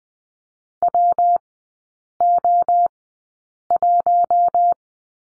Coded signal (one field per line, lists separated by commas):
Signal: Morse code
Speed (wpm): 20 wpm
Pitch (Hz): 700 Hz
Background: none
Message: WO1